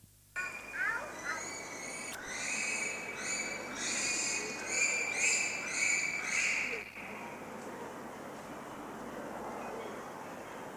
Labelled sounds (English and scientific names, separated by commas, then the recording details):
Bonobo (Pan paniscus) call
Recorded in captivity
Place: Zoo Berlin, Berlin, DE
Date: 2004-09-17 17:15
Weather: sunny, 19°C
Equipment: Sony WM-D6C, Sennheiser ME 80, Kopie Uher 4000 Report Monitor
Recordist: Tembrock, Günter